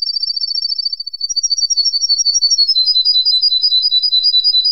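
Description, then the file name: Canary delivering a fast, high, buzzy trill that stays level, steps up slightly, then steps down slightly into a steady rattling roll. "kenari"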